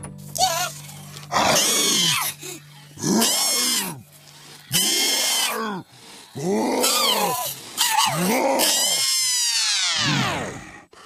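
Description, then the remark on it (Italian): A wolf growls and snarls ferociously while swallowing a man in a single bite without chewing, about seven loud, rasping bursts in uneven succession, ending in a long, drawn-out roar that falls in pitch. “aprì la porta e il lupo se lo mangiò in un boccone senza neppure masticarlo.”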